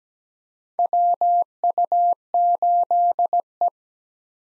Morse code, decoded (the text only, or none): WU8E